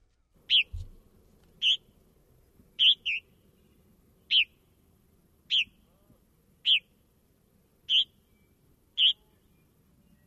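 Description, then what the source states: Purple Martin calls: short, clear chirped notes, mostly single with one quick pair, repeated at fairly even intervals over a quiet low background. Recording played on air.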